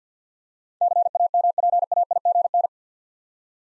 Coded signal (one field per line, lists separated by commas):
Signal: Morse code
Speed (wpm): 50 wpm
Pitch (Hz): 700 Hz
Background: none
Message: CAMPAIGN